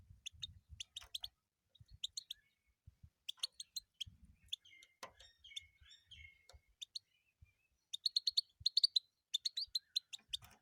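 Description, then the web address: European goldfinch song: scattered bright chirps and liquid twittering phrases with a few thin drawn-out notes, building into a denser twitter near the end, soft low thumps beneath. "penie schegla"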